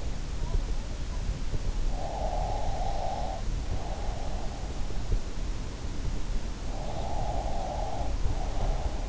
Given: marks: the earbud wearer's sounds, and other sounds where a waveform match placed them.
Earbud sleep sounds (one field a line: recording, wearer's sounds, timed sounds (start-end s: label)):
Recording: sounds in sleep by an in-ear microphone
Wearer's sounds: breath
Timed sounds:
2.05-4.31 s: breath
6.77-9.09 s: breath